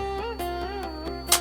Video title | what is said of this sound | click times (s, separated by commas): Digitek lite DCL 150WBC Combo | lock. இந்த sound கேட்குதுன்னு நினைக்கிறேன் உங்களுக்கு. | 1.3 s